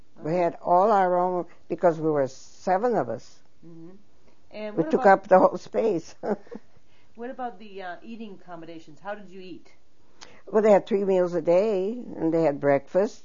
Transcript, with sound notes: We had all our own, because we were seven of us. We took up the whole space. ( she laughs )
What about the eating accommodations? How did you eat?
Well, they had three meals a day, and they had breakfast.